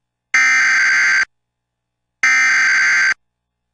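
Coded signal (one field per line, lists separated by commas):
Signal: Emergency Alert System (SAME) tones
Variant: header bursts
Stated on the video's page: Tornado Warning bulletin aired during a local weather forecast segment for Eaton County, Michigan.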